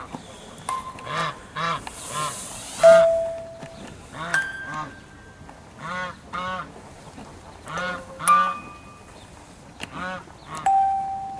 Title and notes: patos. Palacio de Maqua (Avilés, Asturias, Spain). Recorded between 6th and 10th of april 2008